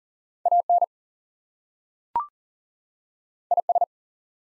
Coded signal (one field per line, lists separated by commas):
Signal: Morse code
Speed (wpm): 40 wpm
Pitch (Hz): 700 Hz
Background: none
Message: AN IS